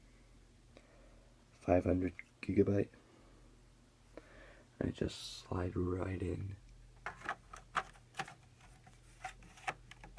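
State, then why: Not seated. A 500 GB hard drive is handled and slid toward the internal bay of a slim Xbox 360 console, with someone talking over a low hum. Short sharp handling taps and scrapes follow in the second half. Nothing has seated or clicked yet.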